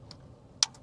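A plastic propeller guard is pushed onto the arm of a Mini 4 Pro mini drone after an earlier try gave no click. A faint tick at 0.1 s is followed by a sharp, loud click at 0.6 s and a soft tick just after, over quiet low background noise. The guard seats on the arm at 0.6 s.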